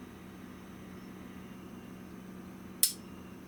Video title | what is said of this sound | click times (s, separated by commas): Trap Modifications - Episode 10 - Coyote Trapping School Podcast | got that click and that tells you that traps ready to fire | 2.8 s